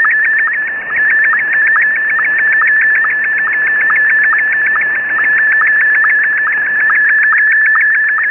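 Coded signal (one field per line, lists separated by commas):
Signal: SSTV (slow-scan television)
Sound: steady mid-pitched whine with rapid, regular ticking chirps, several per second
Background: radio static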